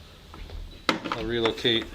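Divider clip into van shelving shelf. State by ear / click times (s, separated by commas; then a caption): seated / 0.9 s. A divider clip is moved along a van shelf and pushed into a new position on the shelf lip, snapping into place with a sharp, loud click at 0.9 s. Someone talks just after the snap.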